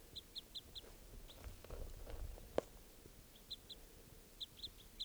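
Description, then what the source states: Crossbill calls: short, sharp, high chips in small groups separated by pauses, over background noise and a single loud click. Female recorded by a net where two birds had just started calling loudly; other crossbills around.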